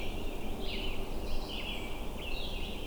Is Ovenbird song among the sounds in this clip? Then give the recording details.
no. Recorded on 22 June 2016 at 05:28. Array SBT-6-76